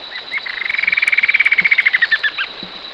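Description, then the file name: Bird giving a rapid pulsed trill of many evenly spaced notes, rising slightly in pitch then falling, with faint clicks around it. "SABIOD 50 bird 2015"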